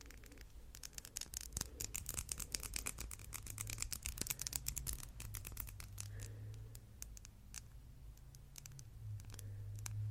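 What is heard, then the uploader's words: Nail tapping and fluffy mic brushing: quick, crisp taps come in dense, uneven bursts for the first six seconds, then thin out to scattered clicks. Underneath, a soft, low, rumbling brush sound runs steadily throughout and swells slightly toward the end. ASMR Nail Tapping & Fluffy Mic Brushing.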